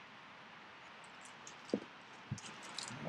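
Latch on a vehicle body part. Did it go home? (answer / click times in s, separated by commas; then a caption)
no / none. During reassembly of an FJ40 truck, a latch on a vehicle body part is closed but does not engage. Only faint, soft knocks and light rustling are heard over a steady low hiss. Nothing has clicked or latched yet.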